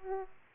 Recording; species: mosquito wingbeat signal from an infrared sensor; Aedes aegypti